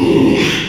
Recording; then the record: squeal of a Yucatan mini pig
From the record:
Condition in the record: after surgery on the right vocal fold (resection and tissue-engineered implant); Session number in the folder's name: 1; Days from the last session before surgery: 6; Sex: male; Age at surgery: 12 weeks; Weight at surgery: 13 kg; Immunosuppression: cyclosporine, prednisolone